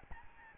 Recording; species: mosquito wingbeat signal from an infrared sensor; Aedes albopictus